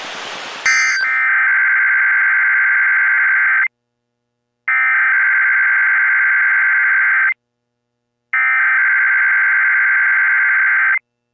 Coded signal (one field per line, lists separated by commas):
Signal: Emergency Alert System (SAME) tones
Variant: header bursts